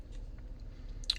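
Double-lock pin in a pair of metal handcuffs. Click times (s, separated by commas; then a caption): 1.0 s, 1.1 s. The top of a handcuff key is pushed into the small hole on a pair of metal handcuffs to set the double-lock pin, which stops the cuffs from tightening. After a quiet, low background hum and a faint tick, a small click at 1.0 s is followed by a sharp, bright metallic snap at 1.1 s. The double lock snaps into place.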